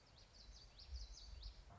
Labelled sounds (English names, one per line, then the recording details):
Common Yellowthroat
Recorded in Sonoma County, California